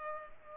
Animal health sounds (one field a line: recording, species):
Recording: mosquito wingbeat signal from an infrared sensor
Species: Culex pipiens